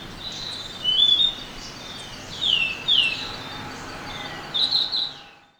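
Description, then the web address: Orange-bellied euphonia song: slurred whistled notes, some falling sharply in pitch, given in short bursts separated by pauses. Recorded in Ecuador. "Natures Songs S America Birds of Ecuador Orange-Bellied Euphonia"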